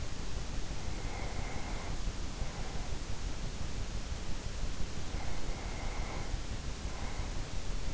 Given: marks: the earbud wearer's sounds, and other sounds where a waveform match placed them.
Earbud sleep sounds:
sounds in sleep by an in-ear microphone; breath
0.89-3.30 s: breath
5.12-7.94 s: breath

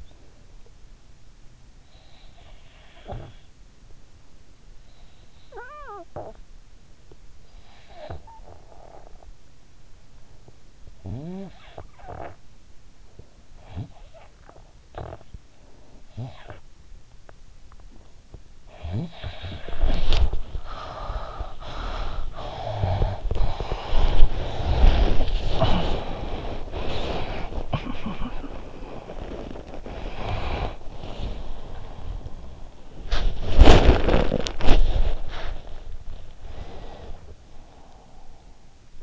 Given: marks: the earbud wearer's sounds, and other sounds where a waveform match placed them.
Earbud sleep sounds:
sounds in sleep by an in-ear microphone; snoring breath, breath, talking in sleep, body movement
1.85-12.61 s: snoring breath
12.61-14.56 s: breath
14.56-21.53 s: snoring breath
21.53-25.35 s: breath
25.35-26.68 s: talking in sleep
26.68-27.64 s: breath
27.64-28.81 s: talking in sleep
28.81-32.60 s: breath
32.60-36.24 s: body movement
36.24-38.45 s: breath

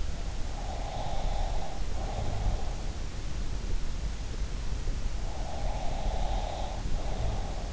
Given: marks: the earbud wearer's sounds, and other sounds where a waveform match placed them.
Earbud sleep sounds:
sounds in sleep by an in-ear microphone; breath
0.56-2.76 s: breath
5.08-7.73 s: breath

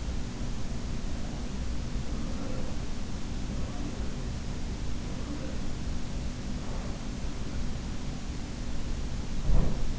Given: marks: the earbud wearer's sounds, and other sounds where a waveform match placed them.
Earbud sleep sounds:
sounds in sleep by an in-ear microphone; breath
0.00-1.80 s: breath
1.63-4.49 s: sound from someone else or the room
4.61-6.52 s: breath
5.24-7.58 s: sound from someone else or the room
9.29-9.99 s: sound from someone else or the room

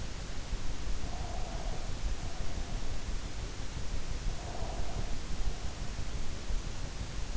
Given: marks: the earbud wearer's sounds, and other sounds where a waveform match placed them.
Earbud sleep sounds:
sounds in sleep by an in-ear microphone; breath
0.97-3.08 s: breath
4.31-6.20 s: breath

